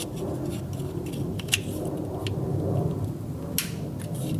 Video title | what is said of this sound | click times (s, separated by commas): Diagnosing and Replacing Crank Position Sensor on Rav4 | heard that click make sure it clicks | 3.6 s